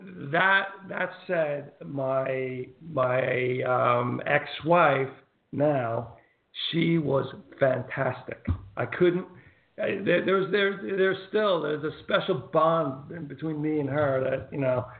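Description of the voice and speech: An adult man speaks in short bursts broken by pauses, repeating words ("my… my") and restarting a phrase several times ("there's the… the…") before finding it. These hesitations and word-finding struggles fit mild non-fluent aphasia after a stroke.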